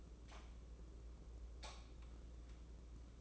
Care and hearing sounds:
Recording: daily activity, microphone in the room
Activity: light on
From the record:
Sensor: 1

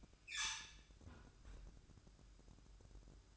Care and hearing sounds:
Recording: daily activity, microphone in the room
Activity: close fridge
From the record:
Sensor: 2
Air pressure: 1007.6 hPa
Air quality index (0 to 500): 54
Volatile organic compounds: 1 ppm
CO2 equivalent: 579 ppm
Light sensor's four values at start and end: 10/22/9/10 and 10/22/9/10

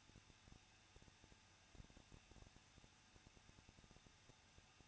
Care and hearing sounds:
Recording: daily activity, microphone in the room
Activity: no activity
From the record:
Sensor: 2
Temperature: 21.0 degrees Celsius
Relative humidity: 37.6%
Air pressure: 1006.2 hPa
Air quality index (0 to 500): 224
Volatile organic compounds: 25 ppm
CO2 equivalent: 2843 ppm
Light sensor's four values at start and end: 2/3/2/2 and 2/3/2/2

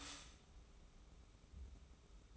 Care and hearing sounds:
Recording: daily activity, microphone in the room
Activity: stop toaster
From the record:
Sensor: 1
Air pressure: 994.5 hPa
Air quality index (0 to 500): 225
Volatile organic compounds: 1000 ppm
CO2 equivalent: 8062 ppm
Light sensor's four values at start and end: 91/203/90/93 and 91/203/89/92

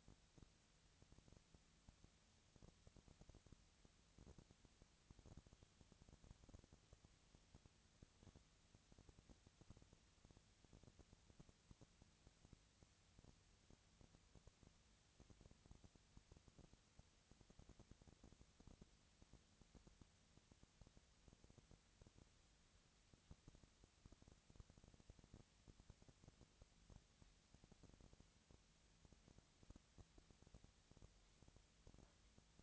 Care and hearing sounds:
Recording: daily activity, microphone in the room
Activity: no activity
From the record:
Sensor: 3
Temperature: 20.6 degrees Celsius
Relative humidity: 35.7%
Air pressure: 998.8 hPa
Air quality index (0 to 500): 235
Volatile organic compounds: 71 ppm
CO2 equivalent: 3526 ppm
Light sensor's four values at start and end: 2/3/2/2 and 2/3/2/2

